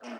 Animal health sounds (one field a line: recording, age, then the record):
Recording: pig call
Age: piglet (1 to 25 days)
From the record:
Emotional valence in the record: negative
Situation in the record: restrain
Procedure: in the arms of a person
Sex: female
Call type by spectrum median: low-frequency call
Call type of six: low-frequency stable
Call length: 0.20 s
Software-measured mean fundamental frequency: 59 Hz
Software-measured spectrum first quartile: 347 Hz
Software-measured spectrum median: 698 Hz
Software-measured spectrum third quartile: 1700 Hz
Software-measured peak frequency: 635 Hz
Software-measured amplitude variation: 87 dB a second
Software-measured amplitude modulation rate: 7.4 a second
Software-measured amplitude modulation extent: 11.8 dB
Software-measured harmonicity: 1.3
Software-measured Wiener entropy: -0.77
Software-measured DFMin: 1292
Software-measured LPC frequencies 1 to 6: 608, 1419, 2314, 2783, 5259, 5677 Hz